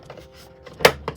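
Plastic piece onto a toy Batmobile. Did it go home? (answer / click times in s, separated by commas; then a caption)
yes / 0.9 s. A plastic piece is pressed onto an RC toy Batmobile and snaps into place with one sharp click at 0.9 s, followed by a softer tick at 1.1 s. Faint handling taps come before it at about 0.1 s and 0.7 s. The piece is seated.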